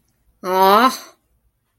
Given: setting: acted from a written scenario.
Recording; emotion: vocal sound without words; disappointment